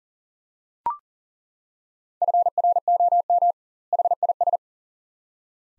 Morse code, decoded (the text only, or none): FROM HIS